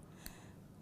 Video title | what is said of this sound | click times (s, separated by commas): JewelleryMaker LIVE 30/11/15 4pm-9pm | and we hear that click and don't ever be tempted to like just flatten | 0.3 s